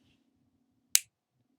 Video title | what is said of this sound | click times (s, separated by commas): Popwallet - my review | that click that's now locked into place | 1.0 s